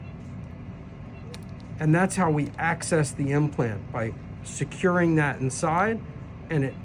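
A surgeon places a plastic fill tube into the small port under the tab of a saline breast implant and secures it inside, with a short, sharp pop at 1.3 s as the tube seats in place. Someone then talks over low background noise.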